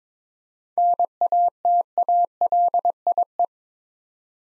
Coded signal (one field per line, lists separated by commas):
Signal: Morse code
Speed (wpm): 21 wpm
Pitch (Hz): 700 Hz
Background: none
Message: NATALIE